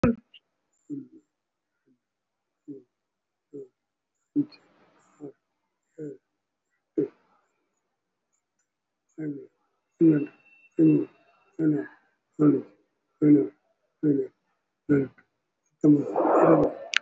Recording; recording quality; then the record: counting at a normal pace; moderate, slight background noise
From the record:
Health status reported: respiratory illness, not identified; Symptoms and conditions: breathing difficulty, fatigue, muscle pain, chronic lung disease, pneumonia, diabetes, ischaemic heart disease, another condition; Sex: male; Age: 72 years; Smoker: yes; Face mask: worn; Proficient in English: no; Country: India